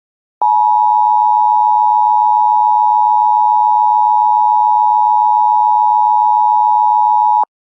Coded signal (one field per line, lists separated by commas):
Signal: Emergency Alert System (SAME) tones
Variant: 853 and 960 Hz attention tone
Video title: [EAS MINI-SCENARIO] MILLENNIUM MALFUNCTION